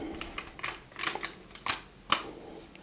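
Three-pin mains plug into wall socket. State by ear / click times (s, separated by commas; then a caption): seated / 2.1 s. A UK three-pin mains plug is pushed into a wall socket a second time to repeat the sound, with a few small ticks and rattles as it is lined up. It snaps firmly into place with a sharp, loud click at 2.1 s and sits snugly, fully seated.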